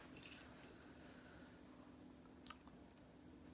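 After a K'nex Zipper fair ride model is spun around, a tan plastic construction rod is fitted into a connector at the top of the ride. A brief plastic clatter and rattle comes first, then a sharp snap at 2.5 s as the rod clips into the connector and seats.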